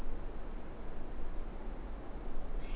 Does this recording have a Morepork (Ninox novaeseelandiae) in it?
no